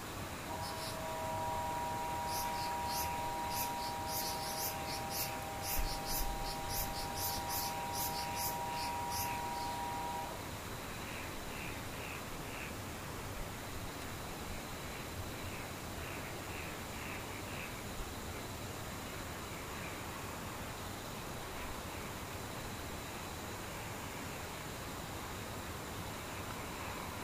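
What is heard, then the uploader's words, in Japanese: Near-silence with distant insects. For the first ten seconds a bright, rapid insect trill pulses in regular bursts over a faint steady hum, then it stops; a softer, lower chirping returns around 13 to 19 seconds over a constant quiet hiss. 無音 遠くにムシ。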